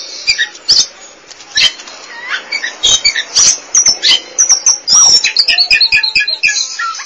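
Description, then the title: Oriental magpie-robin singing a varied sequence of sweet whistled notes mixed with harsh chatter and sharp clicks, the phrases broken by brief pauses. Chirping song (kicauan) of the bird. "Suara Kicauan Burung Kacer Durasi Panjang"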